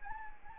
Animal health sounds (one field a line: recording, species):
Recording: mosquito wingbeat signal from an infrared sensor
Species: Anopheles arabiensis